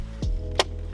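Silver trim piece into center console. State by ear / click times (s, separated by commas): seated / 0.6 s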